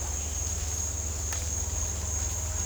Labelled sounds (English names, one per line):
none